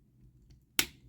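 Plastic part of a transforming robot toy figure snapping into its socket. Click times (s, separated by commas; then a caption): 0.8 s. While a Studio Series Scrapper transforming robot toy figure is being transformed, a plastic part, likely the head or a body panel, is pushed into its socket. After a faint tick at 0.5 s, it gives one sharp, loud snap at 0.8 s as the part seats in place.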